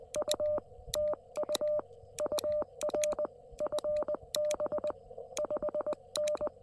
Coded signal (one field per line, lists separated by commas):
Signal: Morse code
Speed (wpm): 20 wpm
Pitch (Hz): 600 Hz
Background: none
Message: U TU UR FB 5N